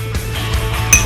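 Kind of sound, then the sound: household object, glasses clinking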